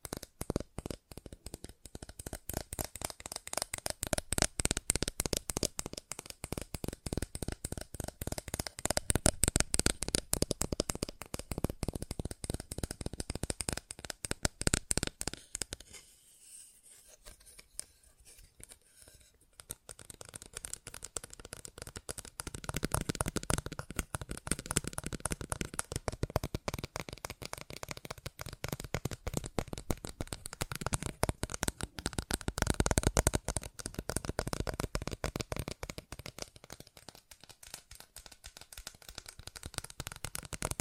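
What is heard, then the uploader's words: Fast, dense tapping runs almost continuously, a rapid stream of crisp clicks with fuller, heavier bursts around 8–10 and 22–34 seconds. A brief near-silent pause falls around 16–19 seconds before the tapping resumes. ASMR Fast Tapping for Intense Tingles (No Talking).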